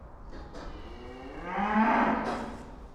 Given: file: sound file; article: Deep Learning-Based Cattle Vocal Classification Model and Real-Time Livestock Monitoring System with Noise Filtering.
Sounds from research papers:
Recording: cattle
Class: food anticipating call

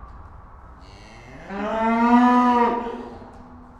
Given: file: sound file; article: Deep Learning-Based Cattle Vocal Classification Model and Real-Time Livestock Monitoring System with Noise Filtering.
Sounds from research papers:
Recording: cattle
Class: estrus call

